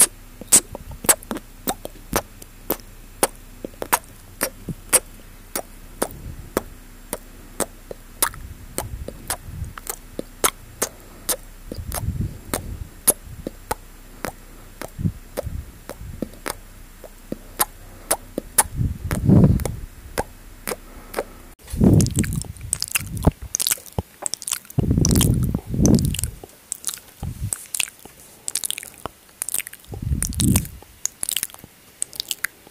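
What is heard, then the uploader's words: Wet mouth sounds: quick clicks and smacks repeat every fraction of a second, with soft chewing and crunching textures. Around 19, 25 and 30 seconds, deeper squishy bursts swell, and after about 22 seconds the sounds turn brighter and more crackly over near silence. MOUTH SOUNDS ASMR.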